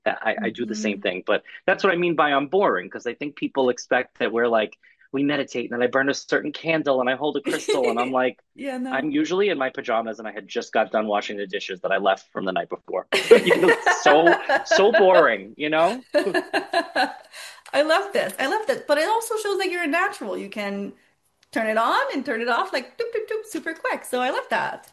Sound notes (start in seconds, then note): 8.7 laughs; 13.1 laughs; 15.8 laughs